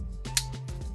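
A plastic cap is pushed onto the end of a Prismacolor dual-ended alcohol marker and snaps into place on the barrel with a sharp, bright click at 0.4 s, followed by a much fainter tick near 0.7 s. A steady low tonal background, possibly music, runs throughout, and the cap is confirmed seated.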